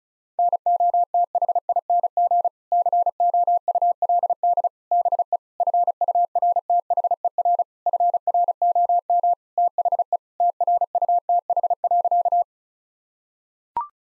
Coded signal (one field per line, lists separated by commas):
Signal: Morse code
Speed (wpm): 36 wpm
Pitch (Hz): 700 Hz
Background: none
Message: NOTHING COULD BE FURTHER FROM THE TRUTH.